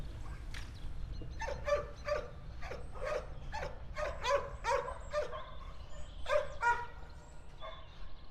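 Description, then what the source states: Dog barking, a rapid irregular run of sharp barks with a low rumble of engine noise beneath. Dogs recorded together with a car.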